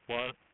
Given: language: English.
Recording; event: throat vibration sensor signal played as sound; speech